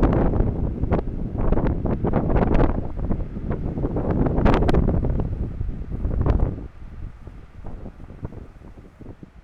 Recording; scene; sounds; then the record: everyday scene through a hearing-aid microphone; wind on the microphone; squally wind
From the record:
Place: parking lot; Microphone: behind the ear, right, front